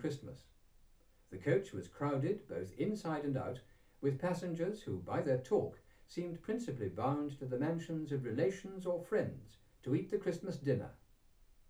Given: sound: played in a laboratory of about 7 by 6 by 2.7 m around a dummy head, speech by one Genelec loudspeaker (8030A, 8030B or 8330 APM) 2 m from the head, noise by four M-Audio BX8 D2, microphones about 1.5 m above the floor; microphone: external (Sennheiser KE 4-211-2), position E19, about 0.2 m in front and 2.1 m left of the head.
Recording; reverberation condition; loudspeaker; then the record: male speech in English; low; in front (0 degrees)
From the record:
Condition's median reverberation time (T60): about 310 ms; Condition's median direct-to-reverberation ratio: about 3.5 dB